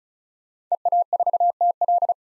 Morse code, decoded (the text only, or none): EA4TL